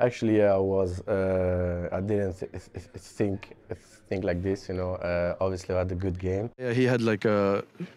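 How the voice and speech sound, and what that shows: An adult man, a professional footballer, speaks in a low-pitched voice in conversational bursts with a whole-word repetition ("think… think") after a pause, several prolonged sounds, and hesitant stretched vowels between phrases. These disfluencies are typical of stuttering (stammering), a developmental speech fluency disorder; his stammer began at about six years old.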